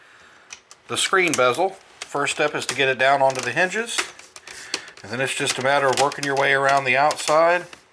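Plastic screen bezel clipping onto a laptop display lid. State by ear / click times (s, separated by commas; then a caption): not seated / none. A plastic screen bezel is being fitted onto the display lid of a Dell Inspiron 15 3000 laptop with a 15.6" HD screen, first set down onto the hinges and then worked around the outside edge so its clips snap into place. Someone talks throughout, with a few short, sharp clicks and taps of handling around 0.5, 0.7, 4.4 and 4.7 seconds. The bezel is handled but has not seated or snapped home yet.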